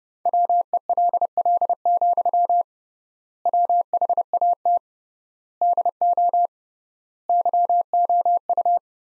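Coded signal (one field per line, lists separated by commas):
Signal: Morse code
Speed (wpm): 30 wpm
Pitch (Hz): 700 Hz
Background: none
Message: WELL, WHAT DO YOU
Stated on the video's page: Morse practice sentences from the top 200 words at 30 wpm with three times standard word spacing.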